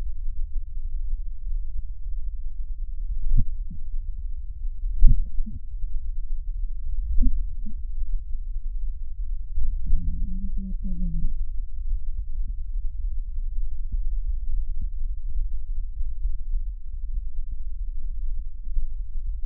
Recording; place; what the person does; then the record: lung sounds by stethoscope; right posterior basal chest; quiet breathing, then cough and speech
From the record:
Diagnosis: asthma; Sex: female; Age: 74 years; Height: 155 cm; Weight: 63 kg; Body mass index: 26.2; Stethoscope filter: bell mode